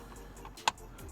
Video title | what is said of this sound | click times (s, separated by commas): Protect-X Install and Test on 2020 Toyota Tacoma TRD Off Road | Again, make sure that you hear the click. | 0.7 s